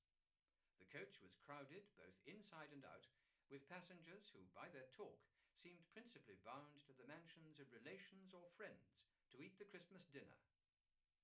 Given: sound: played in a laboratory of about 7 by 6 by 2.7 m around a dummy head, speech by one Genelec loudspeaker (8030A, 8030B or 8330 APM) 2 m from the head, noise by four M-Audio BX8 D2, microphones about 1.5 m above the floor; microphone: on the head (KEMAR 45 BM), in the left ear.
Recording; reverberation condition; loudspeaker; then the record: male speech in English; low; 120 degrees to the left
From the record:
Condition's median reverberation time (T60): about 310 ms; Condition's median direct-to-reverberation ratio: about 3.5 dB